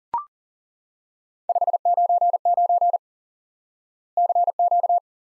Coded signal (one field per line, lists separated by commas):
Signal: Morse code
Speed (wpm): 37 wpm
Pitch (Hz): 700 Hz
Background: none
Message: 599 CQ